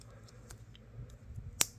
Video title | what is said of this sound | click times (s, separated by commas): ONE HUNDRED YEAR OLD KNIFE TRANSFORMED! | here that snap | 1.6 s